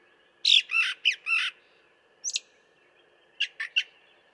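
Brown thrasher song with a run of four harsh, buzzy phrases, then a brief pause, a quick doubled note and three short chirps.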